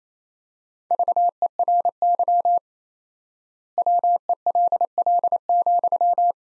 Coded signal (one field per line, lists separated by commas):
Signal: Morse code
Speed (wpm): 28 wpm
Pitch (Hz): 700 Hz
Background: none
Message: VERY WELL,